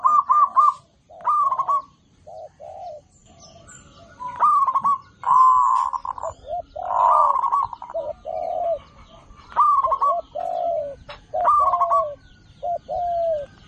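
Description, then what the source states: Zebra dove cooing song: trilled notes alternating with lower drawn-out coos, phrases repeated with short pauses throughout. Local zebra dove singing actively; master recording made for training other birds.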